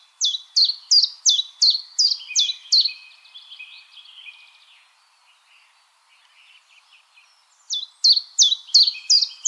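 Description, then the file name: Common chiffchaff song: a quick series of crisp descending notes, a pause with a softer twittering bird, then the repeated notes resume. "Golosa ptic - Penochka-tenkovka Phylloscopus collybita"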